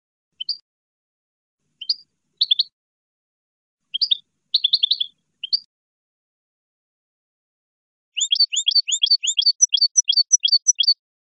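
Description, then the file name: Goldfinch song: scattered short bursts of high chirps with gaps between, then a sustained rapid twittering phrase near the end. "audio burung goldfinch"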